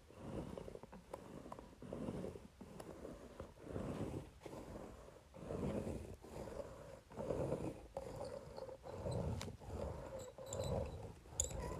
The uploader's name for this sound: Facial Roller on Paper